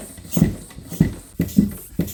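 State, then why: Not seated. A tubeless-ready mountain bike tire on a UST rim is being inflated with an airshot compressor toward 60 psi. A series of low, muffled thumps repeats through the clip, with the sharpest rise at about 1.4 s. The bead has not popped onto the rim seat yet.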